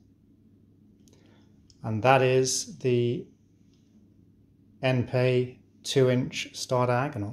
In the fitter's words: so you hear it nicely click into place